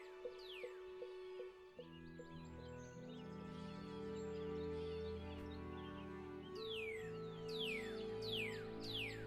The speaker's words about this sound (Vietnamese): Tiếng chim líu lo chuyển từ cành này qua cành khác, đánh thức thầy Lương tỉnh dậy sau một giấc ngủ an lành.